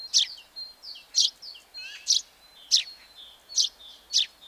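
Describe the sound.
Eurasian tree sparrow chirping: six sharp, buzzy notes in a series, separated by faint high twittering.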